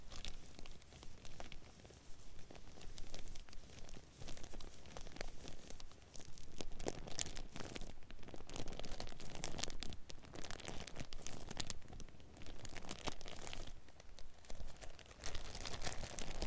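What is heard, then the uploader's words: Plastic bags crinkle and rustle continuously. The sound is dense and busy, with sharp bright crackles and brief louder crunches throughout, dipping slightly around six and fourteen seconds before resuming. Crinkling Plastic Bags. We listen to the sound of multiple plastic bags being fiddled and played with. This is a binaural recording.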